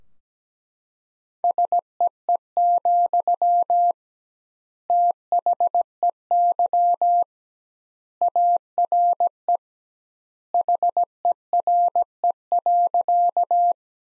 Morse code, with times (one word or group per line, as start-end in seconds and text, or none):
1.4-3.9 SEE,
4.9-7.2 THEY
8.2-9.6 ARE
10.5-13.7 HERE.